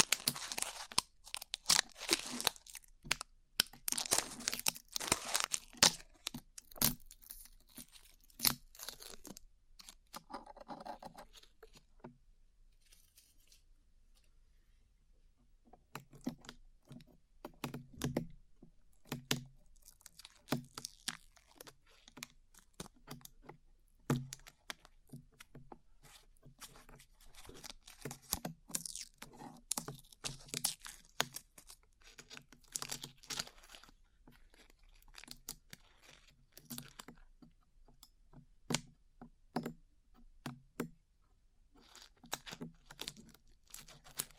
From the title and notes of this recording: ASMR Peeling Glue Off Your Ears (No Talking).